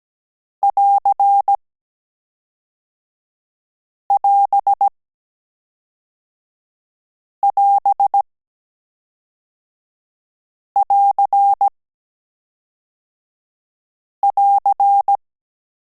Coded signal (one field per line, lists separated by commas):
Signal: Morse code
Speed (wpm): 17 wpm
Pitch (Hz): 800 Hz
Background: none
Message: <AR><AS><AS><AR><AR>